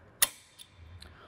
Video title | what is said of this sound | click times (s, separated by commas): CruisemasterClass - Ep. 13. Coupling Maintenance | make sure it's still working and make sure it's still got that positive click | 0.2 s